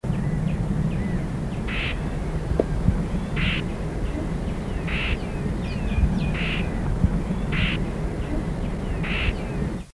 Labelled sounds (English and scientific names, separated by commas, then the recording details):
Marsh Warbler (Acrocephalus palustris) alarm call
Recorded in the wild
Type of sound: alarm call
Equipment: Halbspur, 9,5 cm/s
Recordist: Lütgens, Hans
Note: Meinfeld (?), Warnen in Nestnähe